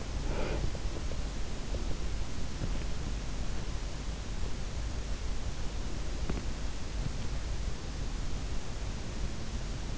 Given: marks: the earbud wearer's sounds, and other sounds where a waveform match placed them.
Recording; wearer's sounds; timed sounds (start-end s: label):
sounds in sleep by an in-ear microphone; breath
0.00-1.35 s: breath